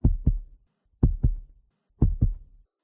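A steady heartbeat with three slow lub-dub pairs, about one per second, each a deep, thudding double pulse followed by silence.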